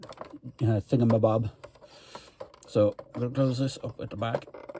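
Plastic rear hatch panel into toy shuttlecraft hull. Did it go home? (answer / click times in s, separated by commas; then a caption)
no / none. Someone talks while handling the plastic rear hatch panel of a Playmates classic Star Trek toy shuttlecraft, getting ready to close it onto the hull at the back. Short handling taps are heard at about 2.4 s, 2.5 s and 4.8 s. Nothing has seated or clicked into place yet.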